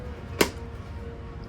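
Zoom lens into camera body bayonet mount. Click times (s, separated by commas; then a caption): 0.4 s. A Sony 24-70mm f2.8 GM II zoom lens is twisted onto the metal E-mount bayonet of a full-frame Sony A7iii mirrorless camera body fitted with a cage and a light. A single sharp click at 0.4 s sounds over a low, steady background as the lock pin engages. The lens is seated on the mount.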